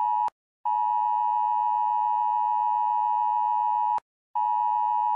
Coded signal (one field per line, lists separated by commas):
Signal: Emergency Alert System (SAME) tones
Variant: 853 and 960 Hz attention tone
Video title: Correcting Misinformation Around International Emergency Alert Systems